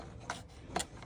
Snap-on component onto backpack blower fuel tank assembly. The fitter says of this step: make sure you feel and hear that snap make sure it's all the way on there